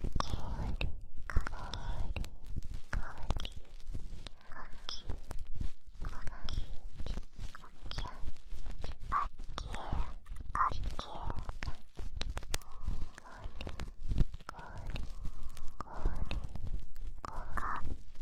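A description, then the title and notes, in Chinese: Ear cleaning: dense, irregular scratching and crackling clicks rub on continuously for the whole stretch, with faint soft whispery breaths underneath. 为主人掏耳朵。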